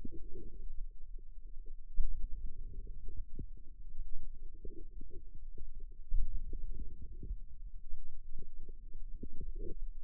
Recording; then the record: forearm muscle sounds (acoustic myography)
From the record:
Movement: outward rotation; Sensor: system 2, bracelet of six BSWA MPA416 microphones around the upper forearm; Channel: 1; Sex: female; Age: 22 years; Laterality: right